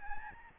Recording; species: mosquito wingbeat signal from an infrared sensor; Aedes albopictus